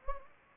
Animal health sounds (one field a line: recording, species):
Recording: mosquito wingbeat signal from an infrared sensor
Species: Anopheles gambiae